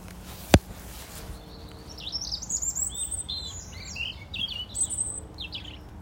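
Robin song: high, thin warbling phrases in quick succession after a single sharp click.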